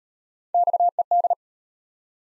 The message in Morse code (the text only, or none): XED